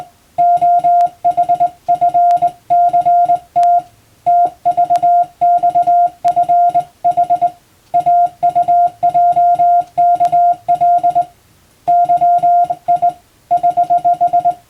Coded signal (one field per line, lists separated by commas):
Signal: Morse code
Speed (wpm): 21 wpm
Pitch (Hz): 700 Hz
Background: music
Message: OHFCT TVXFH AUJKL YI <HH>